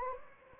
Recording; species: mosquito wingbeat signal from an infrared sensor; Anopheles gambiae